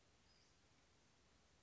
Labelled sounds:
Western Flycatcher (Empidonax difficilis)
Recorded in Sonoma County, California

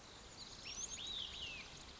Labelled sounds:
Olive-sided Flycatcher (Contopus cooperi)
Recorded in Sonoma County, California

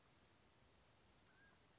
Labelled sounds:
Mountain Quail (Oreortyx pictus)
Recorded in Sonoma County, California

